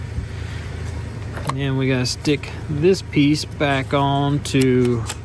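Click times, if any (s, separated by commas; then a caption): none. A plastic locking piece is handled on a wiring harness connector of a 2016 Ford Fusion with a crank-no-start after an engine replacement, about to be stuck back on to lock the plug in place. Someone talks over a low steady hum, with a brief sharp transient near 1.4 s. Nothing has seated or clicked yet.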